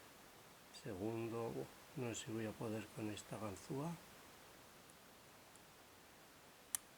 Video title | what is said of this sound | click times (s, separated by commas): 1205 CILINDRO CON ALARMA "WCL 9000" GANZUADO Y DESMONTADO sub eng | There it is. Back there, one clicked. | 6.8 s